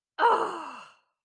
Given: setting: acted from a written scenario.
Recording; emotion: vocal sound without words; shame